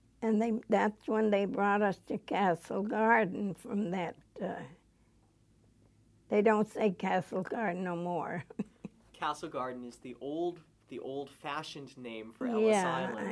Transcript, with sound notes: I think that's when they brought us to Castle Garden from that, uh, they don't say "Castle Garden" no more. (she laughs)
Castle Garden is the old, the old fashioned name for Ellis Island.